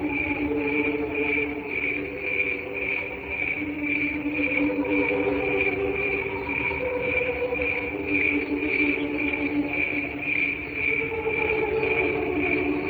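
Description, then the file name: Cricket chirping, a high pulsing song of roughly two chirps per second, over softer low humming tones throughout. "canto grilli"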